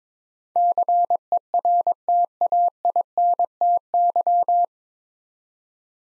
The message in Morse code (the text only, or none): CERTAINTY